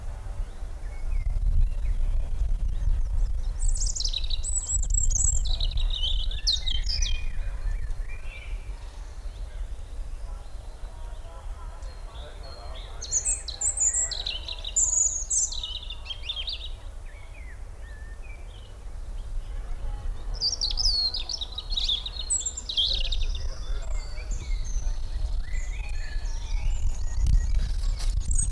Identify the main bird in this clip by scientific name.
Erithacus rubecula